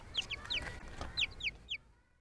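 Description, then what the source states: Chicken chicks peeping: several high, thin notes sliding downward, over low background noise. Chicks hatched in a classroom incubator, Room 18 at Franklin Avenue Elementary School, Los Feliz, by a second-grade teacher over the last three years.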